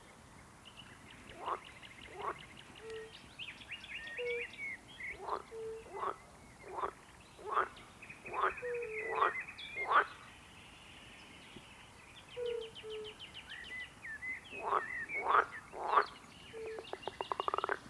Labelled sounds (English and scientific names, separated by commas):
Fire-Bellied Toad (Bombina bombina) call